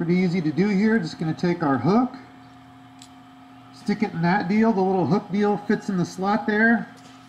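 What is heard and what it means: Someone talks while setting a jig hook into the slot of an aluminum jig mold, with a pause and a faint brief tick near 3.0 s. The hook is handled but not yet pressed home, so nothing has seated or clicked yet.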